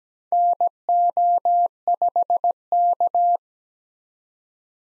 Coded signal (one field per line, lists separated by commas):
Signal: Morse code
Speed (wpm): 17 wpm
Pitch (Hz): 700 Hz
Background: none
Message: NO5K